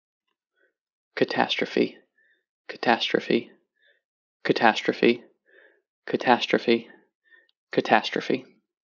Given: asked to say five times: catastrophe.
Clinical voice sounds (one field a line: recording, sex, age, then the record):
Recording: repeated word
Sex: male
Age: 20 to 29 years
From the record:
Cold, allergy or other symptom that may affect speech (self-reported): no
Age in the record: 29 years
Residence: Virginia, United States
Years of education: 18